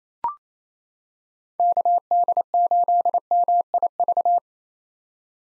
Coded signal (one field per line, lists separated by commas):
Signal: Morse code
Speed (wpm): 28 wpm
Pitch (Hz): 700 Hz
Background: none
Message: KD8MIV